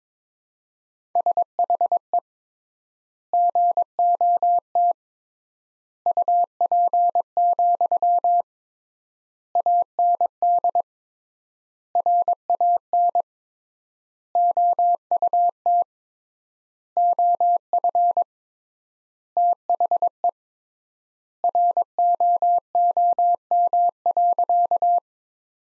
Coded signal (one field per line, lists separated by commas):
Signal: Morse code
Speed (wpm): 22 wpm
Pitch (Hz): 700 Hz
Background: none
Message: SHE GOT UP, AND RAN OUT OF THE ROOM.